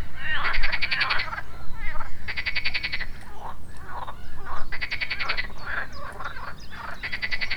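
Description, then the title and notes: Frogs giving harsh, pulsed rattles in short bursts, repeated several times, with lower gurgling notes between. Frogs at the edge of a pond on the banks of the Marne, Parc de la Haute-Île, Neuilly-sur-Marne, France; early afternoon; recorded with a DR-40X. "Batraciens et oiseaux à la Haute-Île. En début d'après midi, les oiseaux marins (et d'autres), des grenouilles au bord d'un des étangs en bordure de la Marne. Enregistreur: DR-40X"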